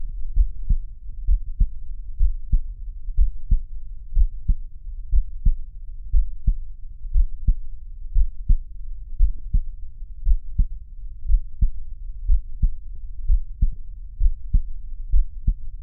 Heartbeat.